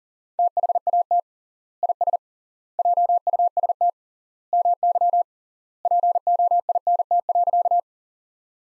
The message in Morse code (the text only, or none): THAT IS JUST MY POINT.